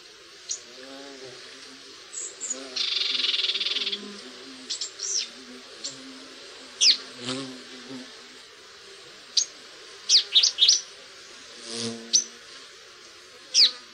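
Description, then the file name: Red-backed shrike calls: scattered sharp, high ticking notes and brief whistles, with one harsh buzzy burst lasting about a second. "tornskate"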